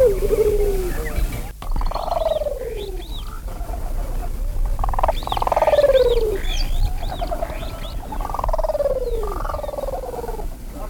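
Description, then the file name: Mourning collared dove calls: several downward-sliding notes a few seconds apart over a steady low rumble. "Streptopelia decipiens -- Mourning Collared-Dove"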